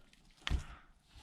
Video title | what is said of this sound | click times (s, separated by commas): TAYLOR 35 RC ENGINE - TOP END REBUILD/SERVICE TUTORIAL | yeah and that's worked for me and you can just hear it click there if you did and that's now snapped into the groove | 0.5 s